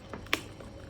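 A headphone ear pad ring's fifth retaining clip is pressed into the ear cup and snaps in with a sharp click at 0.3 s, preceded by a softer tap around 0.1 s. The clip seats.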